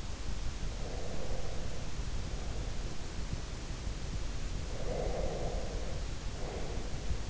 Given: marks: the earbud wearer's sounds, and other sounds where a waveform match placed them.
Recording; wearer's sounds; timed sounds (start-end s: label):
sounds in sleep by an in-ear microphone; breath
0.81-3.02 s: breath
4.51-7.18 s: breath